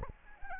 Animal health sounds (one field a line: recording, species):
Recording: mosquito wingbeat signal from an infrared sensor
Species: Anopheles arabiensis